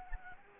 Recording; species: mosquito wingbeat signal from an infrared sensor; Anopheles arabiensis